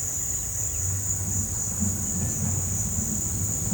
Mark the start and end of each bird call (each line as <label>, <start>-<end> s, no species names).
bird call, 0.33-0.49 s